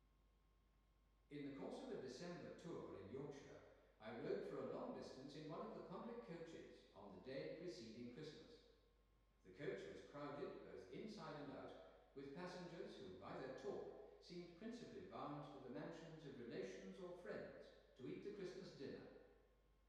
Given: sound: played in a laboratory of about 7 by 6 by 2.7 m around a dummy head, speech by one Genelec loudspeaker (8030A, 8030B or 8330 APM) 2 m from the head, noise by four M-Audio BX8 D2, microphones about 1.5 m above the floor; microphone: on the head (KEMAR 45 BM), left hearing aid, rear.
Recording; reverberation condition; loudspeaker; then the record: male speech in English; high; 120 degrees to the right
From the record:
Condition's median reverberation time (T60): about 1300 ms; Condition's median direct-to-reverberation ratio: about -4.0 dB